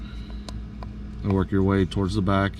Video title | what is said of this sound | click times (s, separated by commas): How to replace a 2017 Dodge Grand Caravan 5 Button Fobik Key Battery | just squeeze it and you'll hear it snap and | 0.5 s, 0.8 s